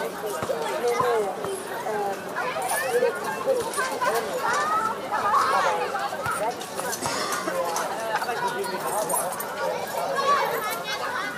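Children play on a playground, their overlapping voices and shouts filling a steady, dense chatter with occasional sharp thuds throughout.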